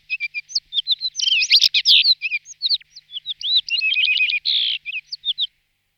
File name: Passero solitario